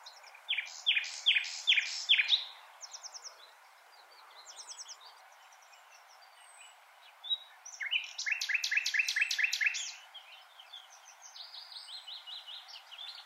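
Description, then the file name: Common nightingale singing: loud bursts of rapid, repeated stuttering notes, then a quieter pause with faint high notes, followed by another burst of fast repeated chips. "Luscinia megarhynchos"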